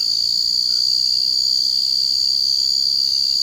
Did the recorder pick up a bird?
no